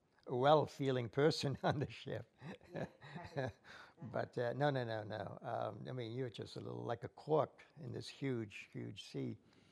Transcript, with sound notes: well feeling person on the ship. (laughs) But no, no, no, nom I mean you were just a little, like a cork in this huge, huge sea.